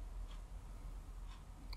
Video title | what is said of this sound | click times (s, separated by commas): 41 Manitowoc Maquina de hielo, Cambio de bomba de agua | y para ponerse igualmente no más se presiona para arriba y se hace un click y ya vamos | 1.7 s